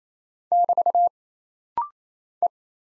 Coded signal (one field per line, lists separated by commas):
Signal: Morse code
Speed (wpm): 27 wpm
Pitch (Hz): 700 Hz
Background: none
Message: <BT> E